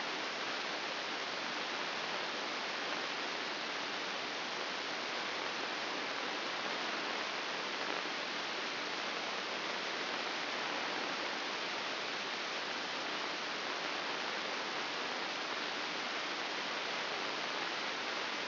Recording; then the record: brain microelectrode recording played as sound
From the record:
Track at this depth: outside the subthalamic nucleus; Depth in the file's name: 6.461 mm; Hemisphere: left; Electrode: 2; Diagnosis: Parkinson's disease